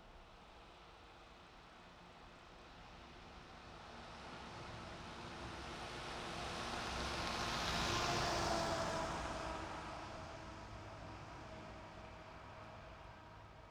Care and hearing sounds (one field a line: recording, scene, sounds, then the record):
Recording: everyday scene through a hearing-aid microphone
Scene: in traffic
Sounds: traffic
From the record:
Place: bus stop on a city main road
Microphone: in the ear canal, right